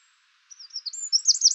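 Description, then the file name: Eurasian wren singing, starting with brief high whistled slurs that run quickly into a rapid, emphatic trill of looping notes. "Troglodytes troglodytes"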